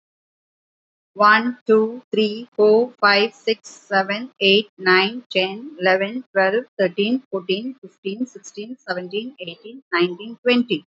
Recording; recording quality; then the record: counting at a normal pace; excellent, no background noise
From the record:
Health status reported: healthy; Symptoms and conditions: none ticked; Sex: female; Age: 54 years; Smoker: not ticked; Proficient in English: yes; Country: India